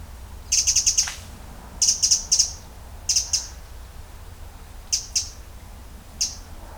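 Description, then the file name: Eurasian wren giving sharp, high ticking calls, first in rapid clusters of several, then as single notes, over a faint low hum. "Troglodytes troglodytes"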